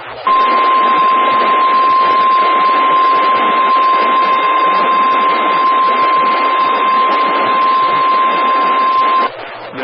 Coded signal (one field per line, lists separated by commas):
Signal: Emergency Alert System (SAME) tones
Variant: 1050 Hz attention tone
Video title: Severe Thunderstorm Watch #647 (8/25/24) [EAS #17]